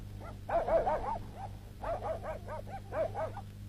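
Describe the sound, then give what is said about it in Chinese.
A dog barks in two quick, rhythmic bursts of high, yappy barks mixed with whiny whimpering yelps, over a steady low hum, with no voices; from a 2018 Beijing opera and quyi performance. “快，快把狗藏起来。”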